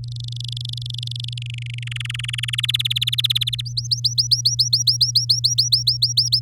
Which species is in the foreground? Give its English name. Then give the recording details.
Domestic Canary. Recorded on 8 May 2018 at 08:02. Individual llb16